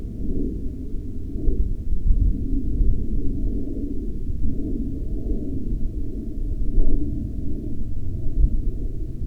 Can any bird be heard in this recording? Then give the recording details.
no. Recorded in Ivvavik National Park, Yukon, on 25 June 2019 at 07:51. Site SINP09